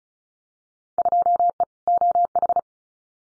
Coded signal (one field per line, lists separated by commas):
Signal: Morse code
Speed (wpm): 36 wpm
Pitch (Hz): 700 Hz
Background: none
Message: 2E OH